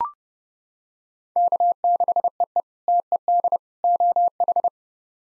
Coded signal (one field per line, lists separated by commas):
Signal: Morse code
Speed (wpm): 32 wpm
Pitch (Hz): 700 Hz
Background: none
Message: K6EE TED OH